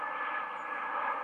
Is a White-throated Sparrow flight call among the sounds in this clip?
no